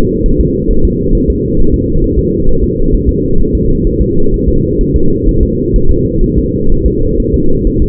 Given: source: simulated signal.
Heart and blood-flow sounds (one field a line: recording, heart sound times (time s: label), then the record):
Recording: fetal heart sounds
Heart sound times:
0.26 s: S1
0.41 s: S2
0.71 s: S1
0.85 s: S2
1.15 s: S1
1.30 s: S2
1.60 s: S1
1.74 s: S2
2.04 s: S1
2.19 s: S2
2.49 s: S1
2.64 s: S2
2.94 s: S1
3.09 s: S2
3.40 s: S1
3.55 s: S2
3.87 s: S1
4.01 s: S2
4.34 s: S1
4.48 s: S2
4.81 s: S1
4.96 s: S2
5.29 s: S1
5.43 s: S2
5.76 s: S1
5.91 s: S2
6.24 s: S1
6.38 s: S2
6.72 s: S1
6.86 s: S2
7.20 s: S1
7.34 s: S2
7.67 s: S1
7.82 s: S2
From the record:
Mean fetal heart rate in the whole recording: 130 bpm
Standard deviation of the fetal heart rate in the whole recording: 4 bpm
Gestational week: 38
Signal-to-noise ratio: -19.1 dB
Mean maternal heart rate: 72 bpm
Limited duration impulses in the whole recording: present